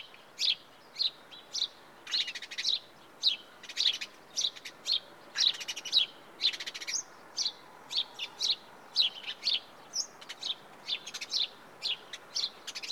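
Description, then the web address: House sparrow chirps repeated briskly, about two a second, a few clustered into quick runs of overlapping notes, background otherwise quiet. "BBC Sound Effects Library. House Sparrow (Passer Domesticus)"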